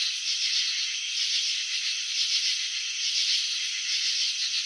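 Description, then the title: Cricket chorus forming a continuous shrill trill of rapid pulses, gently swelling and fading about once a second. Crickets filmed in slow motion while chirping, showing wing vibrations and antenna movements. "Crickets in Slow Motion. Capturing the Elegance of Chirping"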